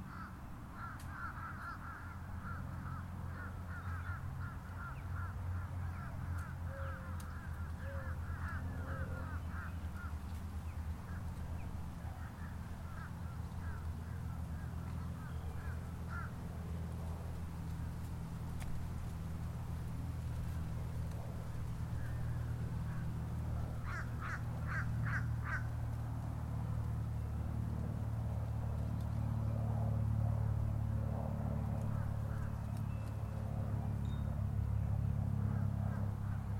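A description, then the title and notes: Outdoor sound at a golf course in Palm Harbor, Florida, under a steady low rumble like a running motor that swells slightly toward the end. Rapid chattering bird calls repeat through the first ten seconds, with a brief burst of harsh calls around 25 seconds. Golf Course, Palm Harbor FL.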